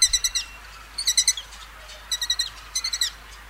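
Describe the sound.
Lesser kestrel giving harsh, rasping calls in quick bursts of three to five notes. The bursts repeat roughly once a second.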